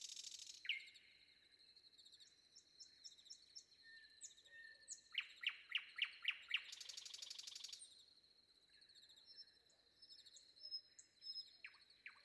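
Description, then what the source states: Common nightingale singing varied phrases: a loud run of several sharp repeated notes followed by a dense buzzy rattle, amid softer high notes. Sung before dawn.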